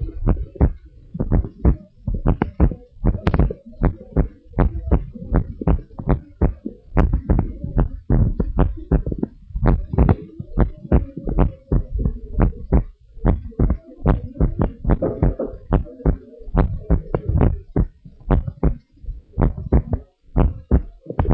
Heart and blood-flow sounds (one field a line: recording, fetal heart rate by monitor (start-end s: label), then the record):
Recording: heart sounds of a pregnant woman by stethoscope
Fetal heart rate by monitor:
no fetal heartbeat
From the record:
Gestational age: 39 weeks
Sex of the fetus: girl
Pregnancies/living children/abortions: 1/0/0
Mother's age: 21 years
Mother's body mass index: 22.2